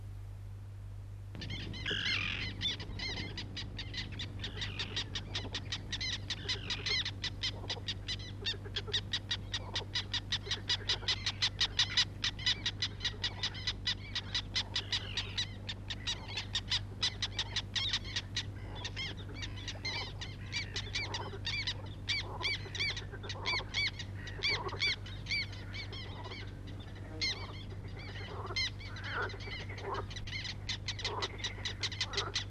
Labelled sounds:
Black Tern call
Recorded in the wild
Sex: group
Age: diverse
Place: Elblag, Warminsko-Mazurskie, PL
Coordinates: 54.1, 19.4667
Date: 1965-07-08 10:30
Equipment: Grundig TK 4, BG 20/6 - 19 cm/s
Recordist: Schubert, Michael

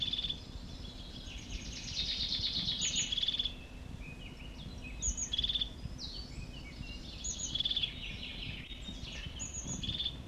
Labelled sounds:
European Crested Tit
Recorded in the wild
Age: adult
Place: Kärnten, AT
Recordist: Brunner, Thomas

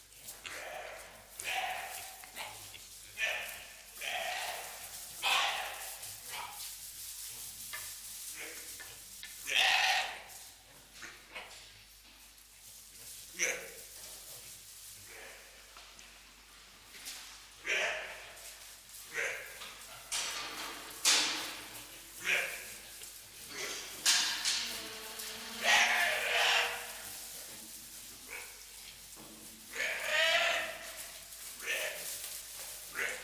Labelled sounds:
White-lipped Peccary call
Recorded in captivity
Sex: group
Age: diverse
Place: Zoo Berlin, Berlin, DE
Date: 1998-12-22 15:48
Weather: overcast, 0°C
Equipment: Sony MD-WM MZ-R3, Sennheiser MKH 416 T, Kopie Uher 4000 Report Monitor
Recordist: Tembrock, Günter
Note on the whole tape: Gruppe mit halbwüchsigen Jungtieren vor der Fütterung: diverse Lautformen (Entfernung 0,5 - 1 m)

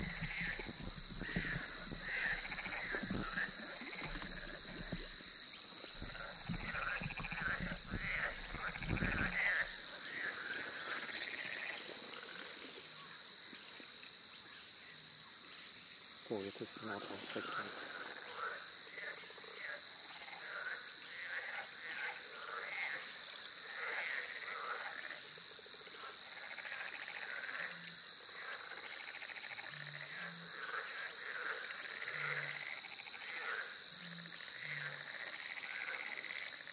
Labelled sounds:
Spotted Crake
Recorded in the wild
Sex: male
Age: adult
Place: Warsow, Kummerower See, Mecklenburg-Vorpommern, DE
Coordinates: 53.8344, 12.8481
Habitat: wetland
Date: 2009-06-15 22:26
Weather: heiter, schwacher Wind aus West, ca. 15 °C
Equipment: Sound Devices 702, Rode NT1-A Stereopaar
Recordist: Frommolt, Karl-Heinz

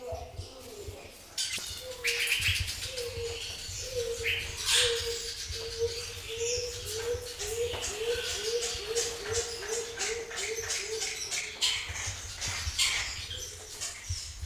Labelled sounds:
Coroneted Fruit Dove song
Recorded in captivity
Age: adult
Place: Zoo Berlin, Berlin, DE
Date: 2002-10-22 12:15
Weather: overcast, 13°C
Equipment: Nagra SN, Kopie Uher 4000 Report Monitor
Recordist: Tembrock, Günter

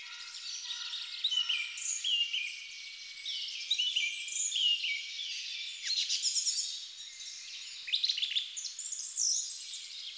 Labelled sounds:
Song Thrush song
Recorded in the wild
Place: Lilienhof / Kaiserstuhl, Baden-Württemberg, DE
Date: 1999-04-02
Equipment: Dat-Recorder Casio DA 7, Telinga DAT, Telinga-Parabolspiegel
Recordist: Schwarz, Dieter
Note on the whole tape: Song

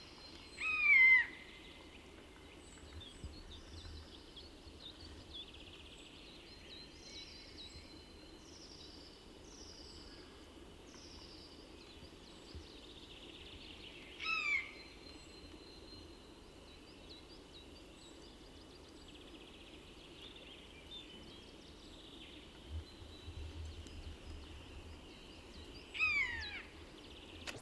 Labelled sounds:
Common Buzzard call
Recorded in the wild
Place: St. Martin, Appenzeller Land, Rheinland-Pfalz, DE
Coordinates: 49.3004, 8.1015
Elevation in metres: 241
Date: 1976-04-20
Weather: strong wind
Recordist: Tretzel, Erwin

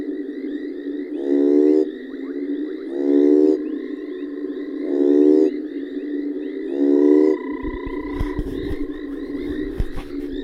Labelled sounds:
African Split-skin Toad call
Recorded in the wild
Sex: male
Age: adult
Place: Hoedspruit, Marepe Lodge, ZA
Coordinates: -24.45, 30.84
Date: 1995-01-25
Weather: 19,5°C
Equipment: Sony TCD-D3, Sennheiser ME 80, K 30 AV
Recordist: Gutsche, Alexander

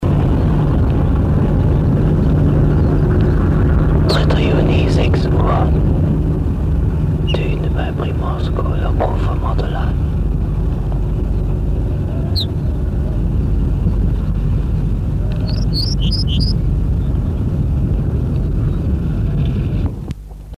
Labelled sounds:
Ortolan Bunting
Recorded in the wild
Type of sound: call, song
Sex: male
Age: adult
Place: Primorsko, Burgas, BG
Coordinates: 42.2667, 27.75
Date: 1968-06-02
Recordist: Stiefel, Arnd
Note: Bei Primorsko: Rufe und Gesang eines Ortolans

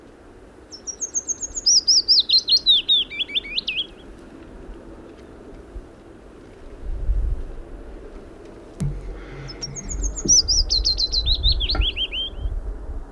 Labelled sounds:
Willow Warbler song
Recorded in the wild
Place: Kremmen, Brandenburg, DE
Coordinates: 52.769, 13.001
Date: 1971-04-30 10:45
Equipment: Nagra III BH, Sennheiser MD 21, parabola
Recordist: Schubert, Michael
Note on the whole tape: Gesang Fitis

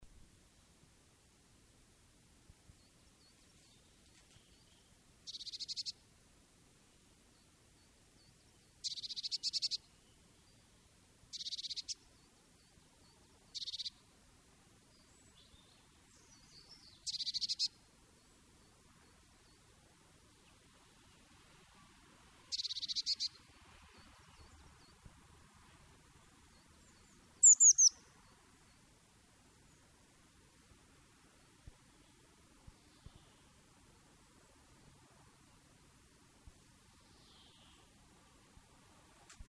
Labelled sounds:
Eurasian Blue Tit call
European Greenfinch
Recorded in the wild
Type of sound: call
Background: Chloris chloris
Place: Kaiserslautern, Rheinland-Pfalz, DE
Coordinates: 49.4247, 7.77889
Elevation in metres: 279
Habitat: garden
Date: 1978-03-22
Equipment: Nagra IV, Sennheiser MKH 405, Parabolreflektor
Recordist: Tretzel, Erwin
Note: Garten, Kaiserslautern: Triller mit "zizizi"

